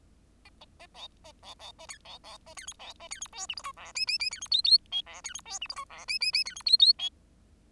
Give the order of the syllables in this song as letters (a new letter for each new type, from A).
A A A B A B B A C B B A C D B A C D E F G H I J J J C D K K L I C D E F G H I J J J C D K K L